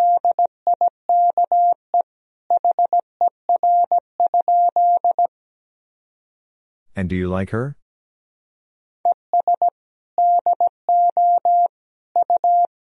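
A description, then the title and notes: Morse code beeps out in a single steady mid-pitched tone, short dots and longer dashes grouped into bursts from the start to about five seconds and again from nine seconds on. Around seven seconds a brief voice-like sound breaks in, with silence on either side. These sentences are composed of the Top 100 words and Morse code abbreviations. First, the words and abbreviations are sent in Morse code. Then it is spoken. 17wpm.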